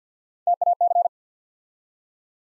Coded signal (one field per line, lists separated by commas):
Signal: Morse code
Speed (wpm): 50 wpm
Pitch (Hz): 700 Hz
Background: none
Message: TAC